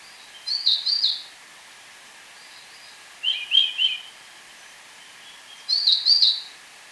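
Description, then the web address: Orange-bellied euphonia singing three short buzzy, stuttering phrases of two or three notes each, spaced about two and a half seconds apart. Ecuador. "Natures Songs S America Birds of Ecuador Orange-bellied Euphonia"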